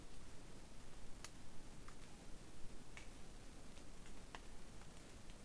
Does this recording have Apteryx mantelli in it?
no